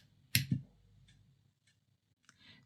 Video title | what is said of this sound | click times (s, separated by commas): Fountain Pens: Which Filling System is Best? - A Journey Through My Collection | it makes a satisfying click. Some pens you don't really hear it. | 0.4 s